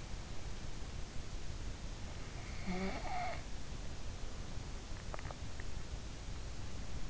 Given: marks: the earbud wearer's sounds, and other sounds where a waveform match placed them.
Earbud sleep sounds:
sounds in sleep by an in-ear microphone; snoring breath, swallowing
2.27-3.43 s: snoring breath
5.07-5.37 s: swallowing

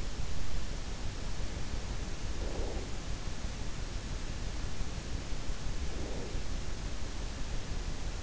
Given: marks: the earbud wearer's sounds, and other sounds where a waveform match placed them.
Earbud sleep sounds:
sounds in sleep by an in-ear microphone; breath
1.91-3.13 s: breath
5.57-6.87 s: breath

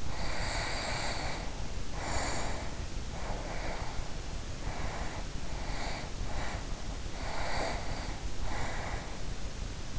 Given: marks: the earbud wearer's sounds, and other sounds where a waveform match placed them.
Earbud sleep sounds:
sounds in sleep by an in-ear microphone; breath
0.00-2.98 s: breath
3.11-5.32 s: breath
5.58-6.88 s: breath
7.17-9.48 s: breath

